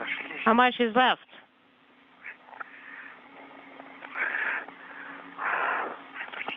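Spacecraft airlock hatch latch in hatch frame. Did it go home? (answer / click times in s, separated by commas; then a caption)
no / none. At the end of a spacewalk, a spacecraft airlock hatch is being closed and its handle worked to latch it in the hatch frame, heard over a band-limited suit radio downlink with a steady hum and bursts of noise. Someone talks briefly at the start, and a short sharp tick comes near 6.5 s. Nothing has seated or clicked yet.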